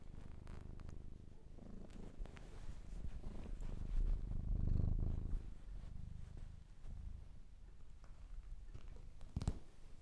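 Cat: low rumbling purr from a cat, growing stronger around the middle, with light tapping and rustling sounds.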